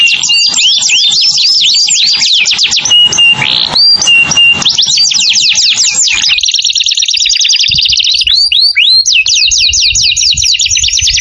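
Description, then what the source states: Canary song of dense buzzy trills and quick chirp runs, a harsher noisy burst around the third to fifth seconds, then fast even trilling to the close. Canary used as a lure call for bird-trapping.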